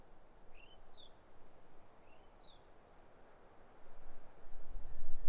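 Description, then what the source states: Grasshoppers buzz steadily in a high, rapidly pulsed tone; two pairs of short bird whistles sound early, and wind swells louder toward the end. Grasshoppers stridulating on a lukewarm autumn afternoon, 6 May 2015, arid hills of the Barrier Ranges near Broken Hill, Australian outback; wind in desert she-oaks, sparse bird song.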